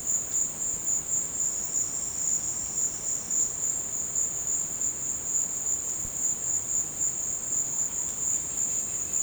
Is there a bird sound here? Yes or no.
no